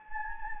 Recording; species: mosquito wingbeat signal from an infrared sensor; Anopheles gambiae